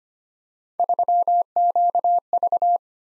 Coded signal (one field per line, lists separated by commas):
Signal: Morse code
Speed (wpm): 25 wpm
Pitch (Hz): 700 Hz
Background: none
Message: 3QV